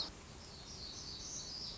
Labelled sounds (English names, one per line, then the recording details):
Black-throated Gray Warbler
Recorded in Sonoma County, California